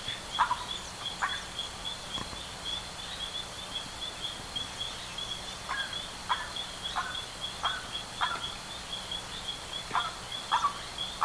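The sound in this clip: Bird calls: soft, short notes in an uneven series with irregular gaps, over a steady background hiss.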